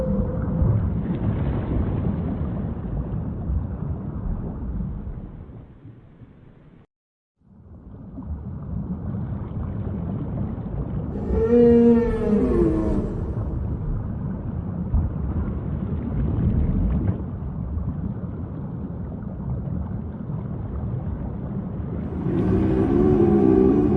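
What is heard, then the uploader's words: Whale calls rise and sweep over a low, steady underwater rumble, with a brief silence near seven seconds and bright wavering cries later. Nature Whale Sounds. Whales Sound Effects.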